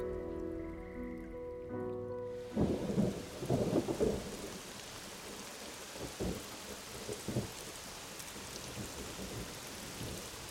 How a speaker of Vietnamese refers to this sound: Giọt mưa đầu tiên sượt qua má, rơi xuống vai. Mưa rồi đấy. Mưa đổ xuống ào ào, nền bê tông của nhà máy lộng bọng nước.